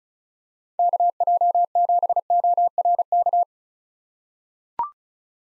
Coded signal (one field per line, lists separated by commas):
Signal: Morse code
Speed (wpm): 36 wpm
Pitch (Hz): 700 Hz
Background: none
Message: KJ7ORK